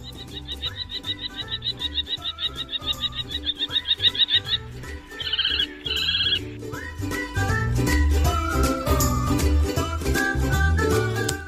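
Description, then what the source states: Common Kestrel calling: a rapid, shrill, evenly repeated series of sharp notes lasting about four seconds, then a short burst, with music playing underneath and taking over afterwards. Played back; strident, repetitive, very loud, unmistakable call.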